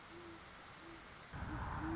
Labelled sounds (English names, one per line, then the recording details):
Great Horned Owl
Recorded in Sonoma County, California